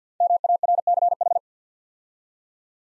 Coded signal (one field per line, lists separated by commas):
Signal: Morse code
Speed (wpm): 47 wpm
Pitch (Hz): 700 Hz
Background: none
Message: MARCH